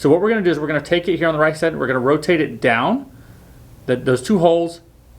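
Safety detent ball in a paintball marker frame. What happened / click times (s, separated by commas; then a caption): Part handled and rotated, no seating click yet / none. Someone talks while rotating the metal safety down on the right side of a Shocker ERA mechanical frame for a paintball marker, lining its two holes up with the tiny spring-loaded detent ball on the side of the frame. Nothing has seated or clicked into place yet.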